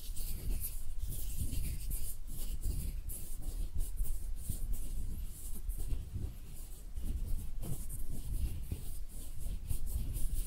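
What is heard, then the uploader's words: Hand sounds: continuous rubbing and scratching, like palms brushing together, with dense low rumble and frequent short bright scrapes throughout. ASMR Relaxing Hand Sounds (No Talking).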